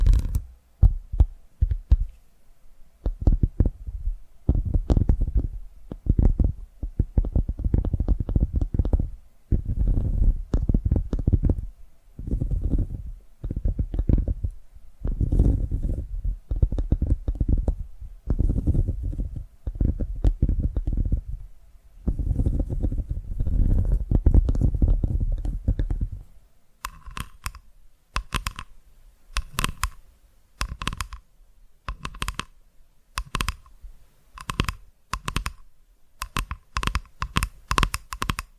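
Tapping in quick, irregular bursts fills the first 26 seconds, with soft, low thuds packed close together. After that the taps turn brighter and more clicky, with a steady tone under each tap. They come in short, evenly spaced runs until the end.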